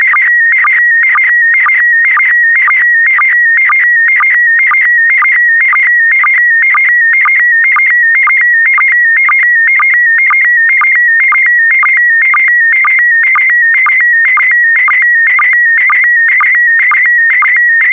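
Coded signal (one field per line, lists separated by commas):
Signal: SSTV (slow-scan television)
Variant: PD120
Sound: rapid warbling tone scanning about 2 kHz, with a short low blip twice per second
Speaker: complete you can now check your decoded image against the picture that is shown on the video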